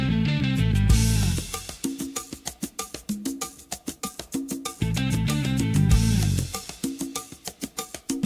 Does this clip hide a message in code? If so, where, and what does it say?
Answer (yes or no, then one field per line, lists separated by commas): no